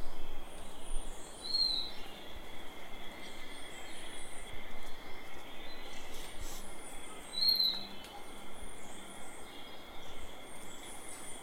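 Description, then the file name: Hooded antpitta calling with a single brief high whistle, repeated once roughly six seconds later, against a dense insect chorus and broad hiss. "Grallaricula cucullata"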